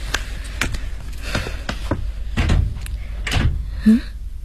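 An unlocked door is pushed open: a series of sharp clicks and dull knocks from the latch and frame, followed by a brief low squeak near the end, with no one talking.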